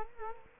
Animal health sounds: mosquito wingbeat signal from an infrared sensor; Culex quinquefasciatus

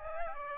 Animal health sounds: mosquito wingbeat signal from an infrared sensor; Aedes aegypti

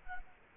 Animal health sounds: mosquito wingbeat signal from an infrared sensor; Culex quinquefasciatus

